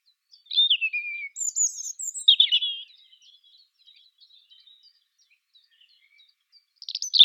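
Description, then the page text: European robin song: a descending thin whistle, a very high squeaky phrase, then a rich trill, followed by quiet and a final high burst. "Птицы-целители - Зарянка (Erithacus rubecula)"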